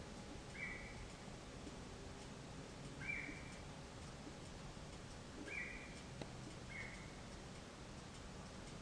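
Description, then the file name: Deer giving four short, level whistled calls, spaced roughly one to two and a half seconds apart, against constant low rumbling noise. Recorded 22 November 2023 at 19:39. "deer 231122 1939"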